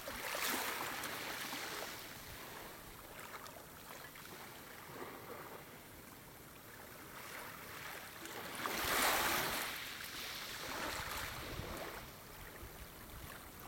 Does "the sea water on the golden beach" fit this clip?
yes